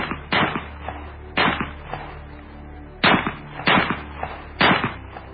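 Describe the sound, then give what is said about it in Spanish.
Five loud pistol shots ring out at uneven intervals, each a sharp crack followed by a brief ringing decay, with a low hum lingering between them; a dramatized retelling of Yusupov emptying his pistol into Rasputin. “Yusupov, preso de la ira, preso del pánico acaso, cogió la pistola de nuevo y descargó todo el contenido sobre el cuerpo de Rasputín.”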